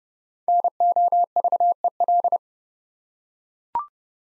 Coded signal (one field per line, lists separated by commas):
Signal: Morse code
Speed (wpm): 32 wpm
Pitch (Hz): 700 Hz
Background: none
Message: NOVEL